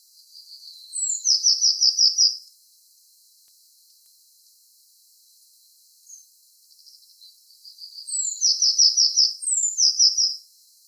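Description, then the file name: Eurasian blue tit calling, a high sliding note followed by a rapid churring trill, repeated in two bursts separated by a long quiet gap. "Cyanistes caeruleus"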